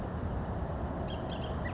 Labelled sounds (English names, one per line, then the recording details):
Bullock's Oriole
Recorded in Sonoma County, California